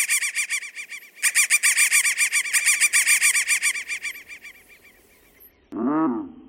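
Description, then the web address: Crow calling in quick, raspy, high-pitched bursts that trail off, followed by a single deeper drawn-out caw. "soundfactory crow"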